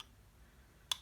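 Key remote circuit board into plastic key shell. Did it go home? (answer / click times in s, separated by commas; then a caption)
yes / 0.9 s. A remote key's circuit board (chip) for a VW T5 is edged into a new plastic key shell and pressed down until it snaps into place. After near-silence, a single short, sharp click sounds at 0.9 s, and the board is seated in the shell.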